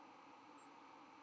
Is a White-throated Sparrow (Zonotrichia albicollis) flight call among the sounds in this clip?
yes